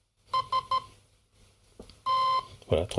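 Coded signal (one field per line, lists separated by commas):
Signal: none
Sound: an RC speed controller's beeps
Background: speech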